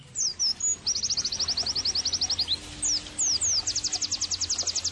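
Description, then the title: White-eye song of brisk high chattering trills broken by a few separate sweeping notes, then another rapid trill. Vigorously singing ('gacor') white-eye, offered as bird-training (masteran) and therapy audio. "terapi pleci dextro 87"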